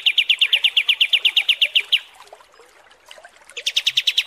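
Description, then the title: Kapas tembak: songbird trill: a fast run of sharp, evenly spaced high chips for about two seconds, a short pause, then the trill starts again. Masteran (tutor recording for training cage birds) of kapas tembak song, described as 'mewah' (luxurious). "Masteran Kapas Tembak Mewah"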